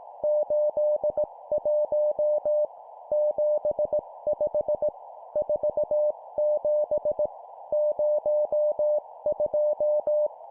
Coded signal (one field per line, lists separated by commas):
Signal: Morse code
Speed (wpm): 18 wpm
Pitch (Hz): 600 Hz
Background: music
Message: 81 75 47 02